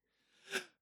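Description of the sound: A single short, breathy sneeze building to one sharp burst from an adult woman, with no voice before or after.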